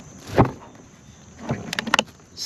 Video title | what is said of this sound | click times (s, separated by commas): Stihl SGA 85 Battery Operated Backpack Sprayer | snaps right in | 1.8 s, 1.9 s